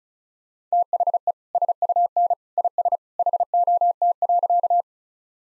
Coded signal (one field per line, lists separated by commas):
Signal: Morse code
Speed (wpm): 36 wpm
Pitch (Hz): 700 Hz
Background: none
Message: THE SUN IS HOT.